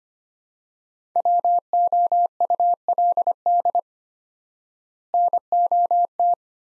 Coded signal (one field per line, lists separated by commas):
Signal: Morse code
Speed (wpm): 25 wpm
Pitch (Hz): 700 Hz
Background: none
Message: WOULD NOT